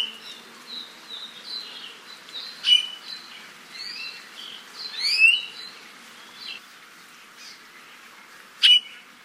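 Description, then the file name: ʻIʻiwi calls: scattered squeaky, creaky notes and sharp high chirps with sweeping buzzy phrases, irregular over several seconds. "Iiwi"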